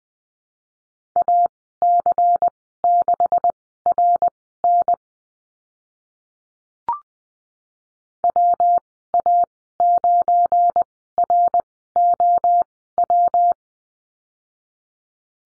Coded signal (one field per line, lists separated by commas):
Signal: Morse code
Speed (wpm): 21 wpm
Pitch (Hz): 700 Hz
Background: none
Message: AC6RN WA9ROW